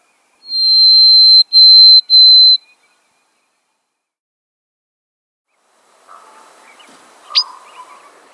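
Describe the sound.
Harris's sparrow whistling three clear, steady notes on one pitch in quick succession, followed by a long silence and then faint, scratchy background noise with a brief sharp sound.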